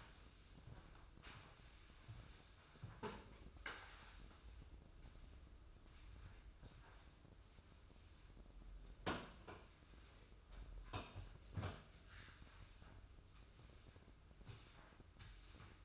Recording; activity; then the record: daily activity, microphone in the room; sweep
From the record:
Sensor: 2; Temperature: 24.2 degrees Celsius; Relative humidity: 31.4%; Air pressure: 995.8 hPa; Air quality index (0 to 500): 93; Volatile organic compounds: 5 ppm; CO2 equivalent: 1716 ppm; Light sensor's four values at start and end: 25/80/32/31 and 26/82/33/32